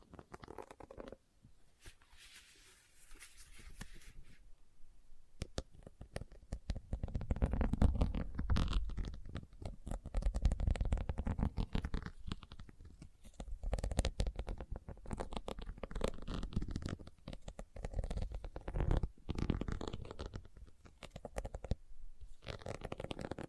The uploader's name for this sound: Leather Tapping & Scratching Sounds